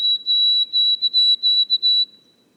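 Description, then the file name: White-throated sparrow song, clear pure whistles on one high pitch, a long note then quick broken repeated notes, fading out cleanly. Boreal forest of Haute-Côte-Nord, 29 May 2018. "bruant-a-gorge-blanche-foret-boreale-de-la-haute-cote-nord-29-mai-2018"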